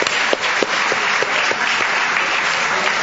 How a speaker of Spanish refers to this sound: Un aplauso para Julia Mengolini, caramba.